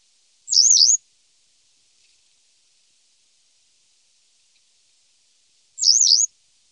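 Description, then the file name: Western yellow wagtail giving two high, thin, wavering calls about five seconds apart, with silence between. "Gularla"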